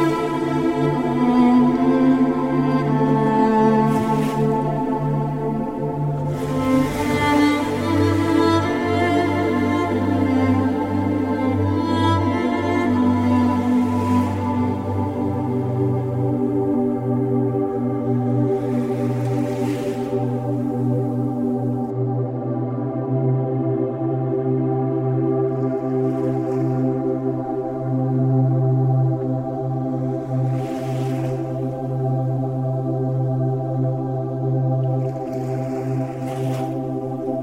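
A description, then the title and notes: Relaxing music of steady sustained low tones holds throughout, with soft breathy swells rising briefly around 7, 14, 20 and 31 seconds. Relaxing Music with Ocean Waves.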